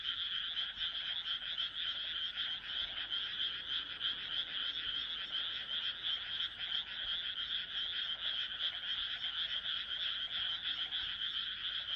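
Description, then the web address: Continuous frog chorus, overlapping pulsed croaks in an irregular rhythm, steady in loudness throughout. "kaeru kaeru"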